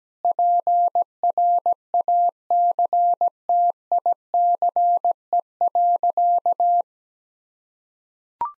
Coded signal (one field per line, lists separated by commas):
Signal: Morse code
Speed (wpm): 17 wpm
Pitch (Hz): 700 Hz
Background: none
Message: PRACTICE.